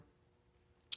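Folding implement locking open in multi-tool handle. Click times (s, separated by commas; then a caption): 0.9 s. A center implement of a Leatherman Charge steel multi-tool is folded open in its handle. After near silence with a faint low hum, a small tick at 0.8 s is followed by a sharp, bright metallic click at 0.9 s as the implement locks open and seats in place.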